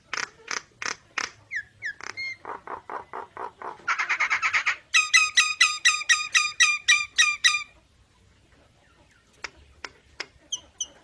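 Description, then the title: Nias hill myna song: quick repeated clear notes, a buzzy harsh burst, then a long rapid series of ringing whistles, ending with scattered sharp notes. Energetic 'gacor' singing with a very loud 'super gledek' voice, used as master material for tutoring songbirds. "Burung Jalak Nias Gacor Suara Super Gledek Untuk Masteran"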